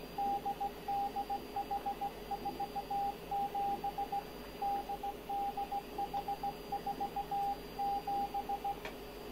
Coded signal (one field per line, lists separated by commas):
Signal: Morse code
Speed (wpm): 16 wpm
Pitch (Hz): 800 Hz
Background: radio noise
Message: DDH47 DDH47